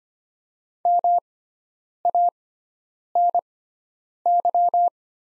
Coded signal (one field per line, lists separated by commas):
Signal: Morse code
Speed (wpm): 25 wpm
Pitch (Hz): 700 Hz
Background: none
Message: MANY